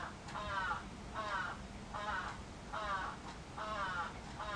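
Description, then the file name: Crow cawing, several harsh, hoarse caws repeated at a steady pace, over a low background hum. Recorded 11 July 2011. "karasu 110711 0823"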